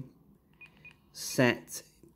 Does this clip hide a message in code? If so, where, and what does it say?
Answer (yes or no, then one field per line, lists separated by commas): no